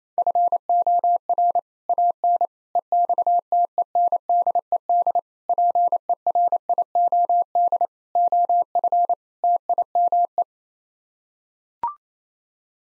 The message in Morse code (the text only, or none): FOR AN EXTENDED PERIOD OF TIME